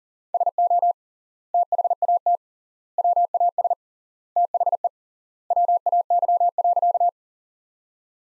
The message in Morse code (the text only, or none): SO THAT WAS THE WAY.